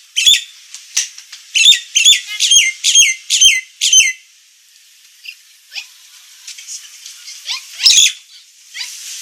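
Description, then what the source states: Nias hill myna song: a fast run of harsh, ringing notes, then softer scattered chatter and one more loud squawk. Persistent, full-voiced singing described as 'gacor' and noisy.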